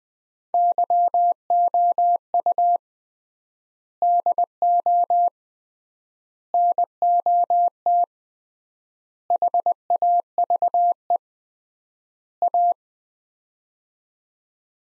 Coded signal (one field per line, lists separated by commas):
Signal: Morse code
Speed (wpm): 21 wpm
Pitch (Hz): 700 Hz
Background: none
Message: YOU DO NOT HAVE A